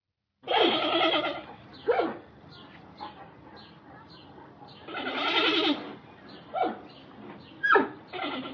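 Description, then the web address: Panda bleats: long, tremulous bleating bursts alternate with short, downward-sliding squeals, repeating several times. Panda sitting in a zoo. "suoni di un panda suono emesso da un panda seduto allo zoo"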